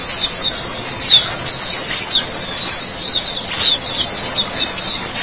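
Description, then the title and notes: White-eye song of high, hurried warbling phrases with short downward slurs, flowing continuously with small breaks in loudness. Chirping song. "Suara kicauan burung pleci"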